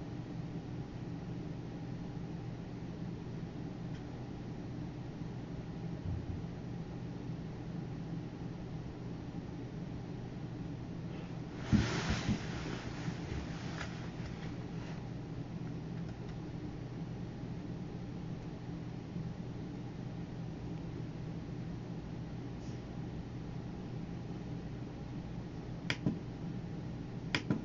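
Computer work sounds: a steady low hum throughout, a brief cluster of clicks and shuffling around twelve seconds, and sharp taps near the end.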